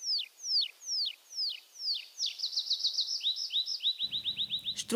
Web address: mini musorok bioakusztika erdeipityer